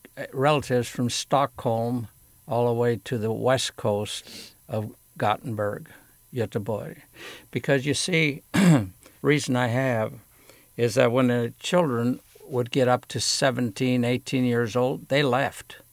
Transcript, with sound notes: relatives from Stockholm all the way to the west coat of Gothenburg, Göteborg. Because you see (clears throat) reason I have is that when the children would get uo to seventeen eighteen years old they left